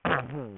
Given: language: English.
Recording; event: throat vibration sensor signal played as sound; throat clearing